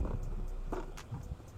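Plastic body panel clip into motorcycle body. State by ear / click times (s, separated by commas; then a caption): not seated / none. A plastic body panel on a first-generation MX King motorcycle is pushed back into place, but its locking tab is broken, a known built-in weakness of that model. Only faint knocks and soft plastic rubbing are heard; nothing has clicked or locked, and the panel does not sit tight.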